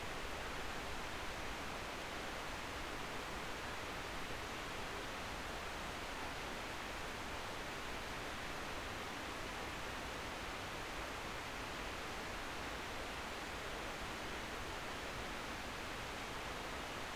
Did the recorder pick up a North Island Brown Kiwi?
no